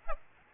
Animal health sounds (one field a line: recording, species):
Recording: mosquito wingbeat signal from an infrared sensor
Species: Aedes aegypti